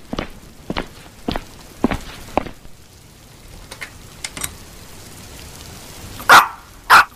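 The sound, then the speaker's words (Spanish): A female dog gives two loud, sharp barks near the end, following a stretch of scattered dull thumps and taps, like footsteps, with no voices. “¡La perra está aquí!”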